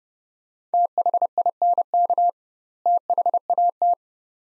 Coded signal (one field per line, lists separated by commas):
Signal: Morse code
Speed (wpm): 29 wpm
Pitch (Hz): 700 Hz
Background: none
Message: THINK THAT